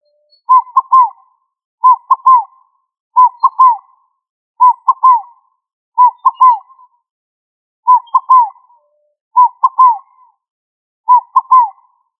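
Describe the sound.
Pigeon cooing: a soft multi-note hooting phrase repeated eight times, over a silent background.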